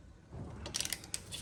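A lug nut on a Mustang wheel stud is tightened with a wrench, making a series of sharp metallic ticks from about 0.7 to 0.9 seconds. A louder click follows at 1.1 seconds as the nut starts loosening and strips.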